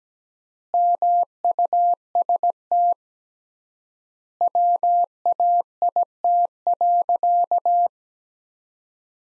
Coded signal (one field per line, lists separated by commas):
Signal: Morse code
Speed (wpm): 17 wpm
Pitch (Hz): 700 Hz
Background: none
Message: MUST WAIT.